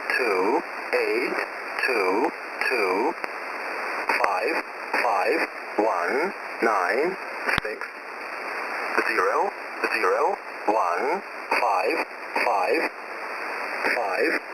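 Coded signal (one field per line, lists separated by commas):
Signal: numbers station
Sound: a voice reading short, evenly spaced words through noisy, band-limited shortwave radio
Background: radio static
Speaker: le pu'eina lea o se ofisa Peretania o lo'o fa'asalalauina se fe'au.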